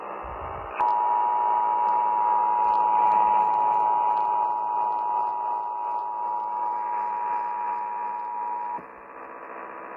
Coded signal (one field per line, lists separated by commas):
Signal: Emergency Alert System (SAME) tones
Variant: 853 and 960 Hz attention tone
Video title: Required Monthly Test (EAS #546)